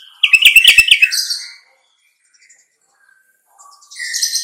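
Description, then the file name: Bulbul song: rapid chattering trill at the start, a long quiet gap, then bright warbled notes at the end. "suara kutilang trucukan"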